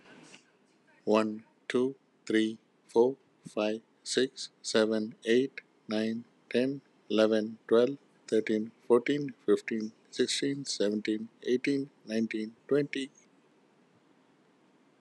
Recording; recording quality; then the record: counting at a normal pace; excellent, no background noise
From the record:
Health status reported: healthy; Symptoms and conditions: diabetes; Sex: male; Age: 49 years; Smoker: not ticked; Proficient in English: yes